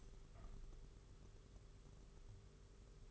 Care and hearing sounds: daily activity, microphone in the room; open window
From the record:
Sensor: 4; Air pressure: 991.2 hPa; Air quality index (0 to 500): 153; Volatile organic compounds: 104 ppm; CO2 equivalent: 3780 ppm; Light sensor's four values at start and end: 6/14/5/6 and 6/14/5/6

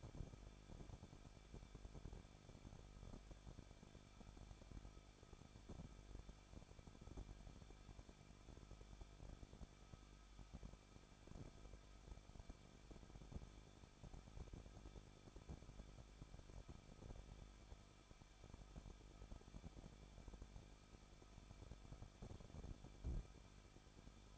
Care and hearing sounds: daily activity, microphone in the room; no activity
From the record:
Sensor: 5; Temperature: 20.8 degrees Celsius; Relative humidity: 38.2%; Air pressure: 1006.6 hPa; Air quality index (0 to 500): 185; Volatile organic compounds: 17 ppm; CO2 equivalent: 2590 ppm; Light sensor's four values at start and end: 2/3/1/1 and 2/3/1/1

